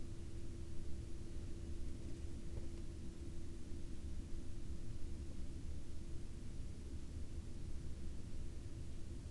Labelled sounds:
man-made sound
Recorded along the Dalton Highway, Alaska, on 7 April 2019 at 05:27
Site 07

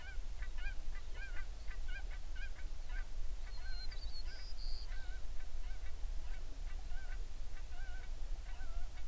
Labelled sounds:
songbird, waterfowl, seabird
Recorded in the Prudhoe Bay oil fields, Alaska, on 11 June 2019 at 04:51
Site 21

